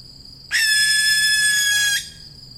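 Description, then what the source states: Young barn owl giving one harsh, hissing screech about one and a half seconds long, with a steady high-pitched drone behind it. Young birds.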